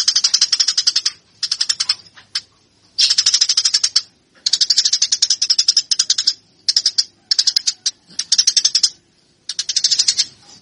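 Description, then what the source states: Eurasian tree sparrow song: bursts of rapid, harsh chattering chirps of varying length, separated by short silences. Burung gereja used as a master for tarung (fighting) training.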